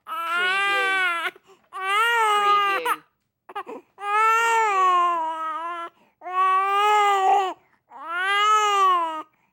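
A baby cries in five long, sustained, high-pitched wails, each lasting one to two seconds, with brief catching breaths in between.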